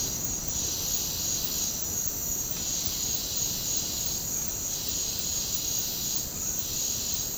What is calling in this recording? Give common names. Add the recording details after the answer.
none. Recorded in dense forest near Puerto Asís, Putumayo, Colombia, on 19 February 2024 at 08:00. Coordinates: 0.503, -76.322. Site G6418